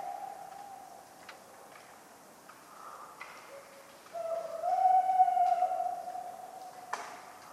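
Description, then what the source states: Tawny owl giving a faint note, then a long loud hollow hoot, with scattered sharp ticks of small objects falling. Very vocal, on a cold autumn night of 11 November 1995 at Ménigoute, France, during an ornithological film festival; acorns falling regularly; the recordist fell asleep and his sleeping sounds mix in.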